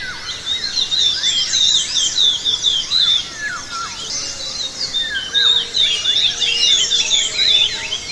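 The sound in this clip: Bird calls, a busy mix of quick high chirps and short descending whistled notes.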